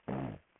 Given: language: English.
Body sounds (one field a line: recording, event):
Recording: throat vibration sensor signal played as sound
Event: throat clearing